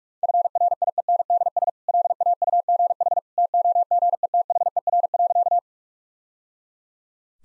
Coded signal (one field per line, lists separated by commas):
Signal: Morse code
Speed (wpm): 46 wpm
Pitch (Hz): 700 Hz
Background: none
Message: FRIENDS LAUGH TOGETHER.